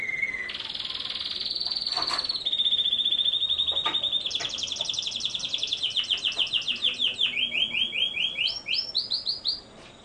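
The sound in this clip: Canary song in rolling tours: a long high trill that steps to a quicker pulsed roll, then ends in a run of separate repeated notes.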